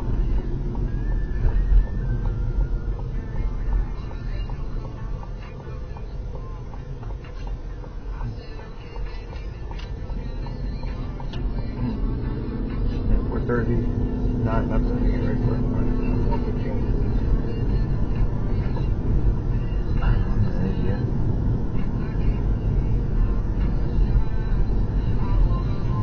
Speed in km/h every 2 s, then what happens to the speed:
39, 34, 24, 11, 11, 16, 27, 39, 52, 63, 61, 61, 63.
0-8 brakes to 11. 8-18 speeds up to 63. 18-26 steady at about 61.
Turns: 7-11.